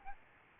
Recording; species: mosquito wingbeat signal from an infrared sensor; Aedes albopictus